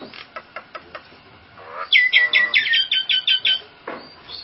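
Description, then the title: Nias hill myna giving a burst of rapid bright notes after a series of softer clicking sounds, with one more brief note at the end. "Jalak Nias"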